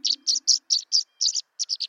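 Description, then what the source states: Tree swallow giving high chirping notes in a quick, uneven series, with a faint low hum at the start. A pair flying into a nest box.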